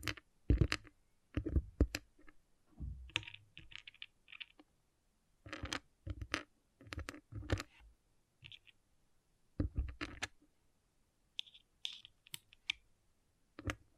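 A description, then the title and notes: Pixel art beads clatter and click in quick irregular bursts, with sharp taps, brief rattles, and short silences between handfuls. ASMR Relaxing Pixel Art Beads ( No Talking).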